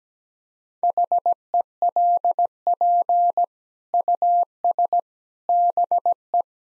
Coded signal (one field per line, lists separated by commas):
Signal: Morse code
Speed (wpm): 17 wpm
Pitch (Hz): 700 Hz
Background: none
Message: HELP US BE